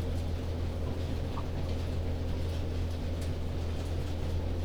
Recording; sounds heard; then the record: poultry house recording; healthy chickens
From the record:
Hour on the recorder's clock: 1